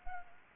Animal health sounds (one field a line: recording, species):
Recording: mosquito wingbeat signal from an infrared sensor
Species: Anopheles gambiae